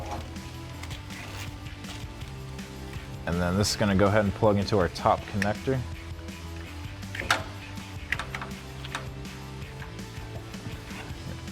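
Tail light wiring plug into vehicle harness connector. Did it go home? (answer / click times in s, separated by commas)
yes / 7.3 s, 8.1 s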